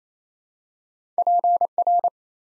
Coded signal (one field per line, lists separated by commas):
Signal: Morse code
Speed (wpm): 27 wpm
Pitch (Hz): 700 Hz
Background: none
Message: PR